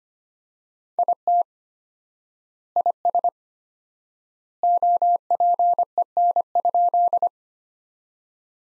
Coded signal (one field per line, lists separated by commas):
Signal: Morse code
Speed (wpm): 25 wpm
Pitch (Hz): 700 Hz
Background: none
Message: IT IS OPEN?